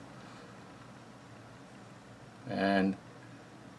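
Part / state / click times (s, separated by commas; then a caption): underfolder stock lock on rifle receiver / not seated / none. An underfolder stock on an AK-47 or Type 81M rifle receiver is being turned toward its lock position. There is a low, steady background hiss, and someone briefly says a word at about 2.5–2.9 s. Nothing has snapped or clicked into place yet.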